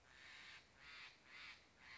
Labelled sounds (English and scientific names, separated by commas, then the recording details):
Steller's Jay (Cyanocitta stelleri)
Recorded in Sonoma County, California